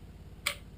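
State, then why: Seated. During reassembly of an ASG Steyr SSG 69 P2 airsoft sniper replica, an internal plastic/metal part is pushed into place behind the spring guide. A single sharp, bright click sounds at 0.5 s over a steady low background hum. The part clips in and is seated behind the spring guide.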